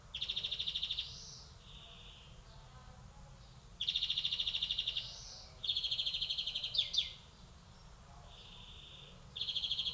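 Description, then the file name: European greenfinch delivering rapid buzzy trills alternating with drawn-out, rising nasal wheezes, with a brief burst of sharp descending chirps in the middle. "Chloris chloris"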